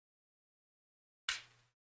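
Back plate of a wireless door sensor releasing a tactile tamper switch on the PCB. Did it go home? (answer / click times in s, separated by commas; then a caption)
released / 1.3 s. The back plate is slid off a small plastic battery-powered 433 MHz door/window sensor, releasing the newly soldered tactile tamper button on its PCB. After silence, a single sharp, bright click sounds at 1.3 s and fades within about half a second under a faint low hum. The tamper switch is released and clicks as intended.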